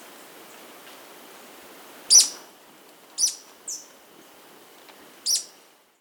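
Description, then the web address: Inca flycatcher calls: four sharp high notes at irregular intervals, over faint background hiss. Andes, South America. "S America Andean Birds. Inca Flycatcher (Leptopogon Taczanowskii)"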